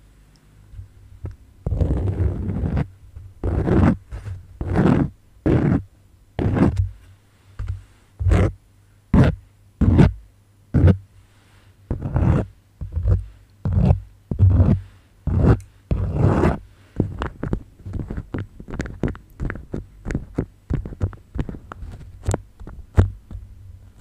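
Beeswax wrap being worked with quick crinkling, scratching strokes, each a short crisp burst that sweeps up bright. The bursts repeat steadily about once or twice a second, some longer and rougher, others clipped. A faint low hum sits underneath throughout.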